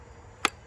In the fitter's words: a nice audible click I feel it's locking in well